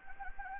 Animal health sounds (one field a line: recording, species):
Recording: mosquito wingbeat signal from an infrared sensor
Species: Anopheles gambiae